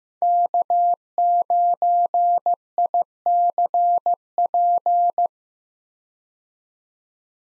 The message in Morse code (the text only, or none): K9ICP